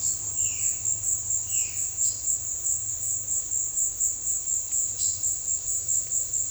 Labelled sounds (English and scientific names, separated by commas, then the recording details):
Violaceous Jay (Cyanocorax violaceus), Silver-beaked Tanager (Ramphocelus carbo)
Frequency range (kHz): Violaceous Jay (Cyanocorax violaceus) 1.7-3.7 kHz; Silver-beaked Tanager (Ramphocelus carbo) 2.8-7.5 kHz
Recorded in dense forest near Puerto Asís, Putumayo, Colombia, on 19 February 2024 at 14:30
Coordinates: 0.496, -76.326
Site G6383